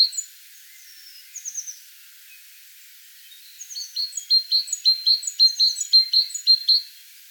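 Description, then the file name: Great tit calls, a few soft high notes early, then a steady fast series of sharp, evenly spaced notes over the second half. "Parus major"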